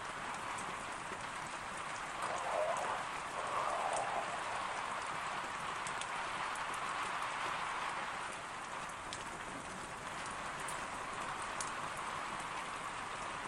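Heavy rain pours steadily and densely, a bright hiss with brief sharper spatters every few seconds, slightly louder around two to four seconds.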